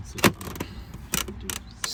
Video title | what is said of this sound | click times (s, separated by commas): How to replace dash gauges / Instrument Cluster on a 2007-2014 Toyota FJ Land Cruiser V6 | snaps right in just like that | 1.5 s